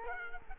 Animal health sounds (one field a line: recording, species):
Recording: mosquito wingbeat signal from an infrared sensor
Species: Culex quinquefasciatus